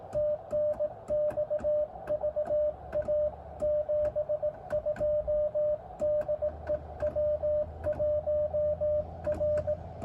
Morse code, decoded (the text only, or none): TNX VA 72 DE W1R